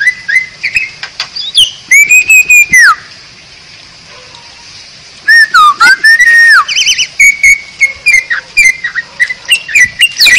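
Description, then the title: Bali myna song: loud clear whistles, rising and falling, in bursts separated by a quiet gap, with sharp clicking notes between phrases. Bali myna song used as a master for training other birds into champion singers, described as an unusual voice. "Masteran Jalak Bali Yang BERSUARA UNIK Untuk Gacoran Juara"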